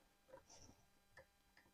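An internal component of a Hewland FTR racing sequential gearbox is handled and pushed toward its seat, producing a few faint taps and ticks over a low background hiss. Nothing has seated or clicked into place yet.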